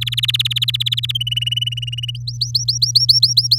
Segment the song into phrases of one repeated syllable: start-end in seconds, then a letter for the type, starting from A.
0.01-1.12 A, 1.15-2.11 B, 2.15-3.58 C